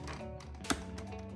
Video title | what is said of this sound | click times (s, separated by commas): Let's Make Skull Meatball Puffs & Pesto, Review Chainsaw Man, Talk to Me! - VLOG October 30th 2025 | Did I not get it in right? Oh, it's loose in there. I don't have it in right. Something's not catching right. | none